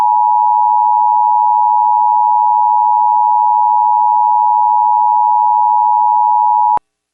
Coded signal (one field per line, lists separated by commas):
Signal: Emergency Alert System (SAME) tones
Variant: 853 and 960 Hz attention tone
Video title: (CANCELLED) EAS #157 - Georgia Child Abduction Emergency (2/20/2023)